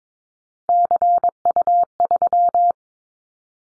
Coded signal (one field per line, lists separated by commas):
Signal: Morse code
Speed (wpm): 22 wpm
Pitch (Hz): 700 Hz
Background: none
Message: CU3